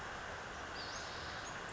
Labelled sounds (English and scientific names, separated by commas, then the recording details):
Western Flycatcher (Empidonax difficilis)
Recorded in Sonoma County, California